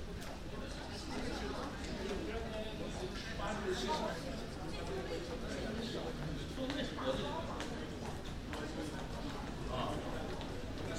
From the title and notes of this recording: Schiphol Airport. Passengers and employees walking (in the corridor between 'Departures 2' and 'Departures 3').